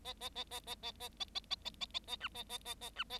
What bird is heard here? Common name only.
Bengalese Finch